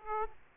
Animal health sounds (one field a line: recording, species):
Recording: mosquito wingbeat signal from an infrared sensor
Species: Aedes aegypti